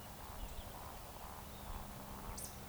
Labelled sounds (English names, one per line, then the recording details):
Eurasian Woodcock whistle
Eurasian Woodcock croak
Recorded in Baden-Württemberg, Germany, on 3 June 2021 at 19:45 UTC
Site 45499, 200 m above sea level